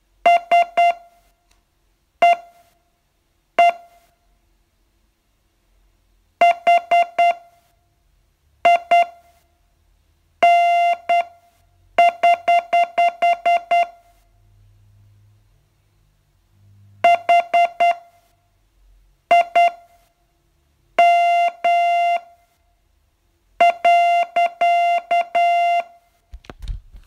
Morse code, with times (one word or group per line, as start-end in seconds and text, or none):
0.3-3.7 SEE
6.4-13.8 HIN<HH>
17.0-25.8 HIM.